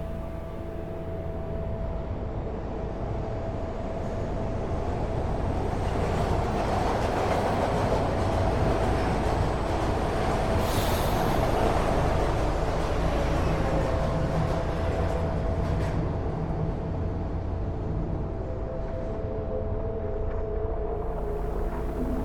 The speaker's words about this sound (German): Die U-Bahn fährt ein.